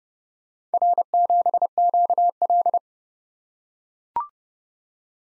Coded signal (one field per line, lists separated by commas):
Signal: Morse code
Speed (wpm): 27 wpm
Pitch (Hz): 700 Hz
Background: none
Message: R7QL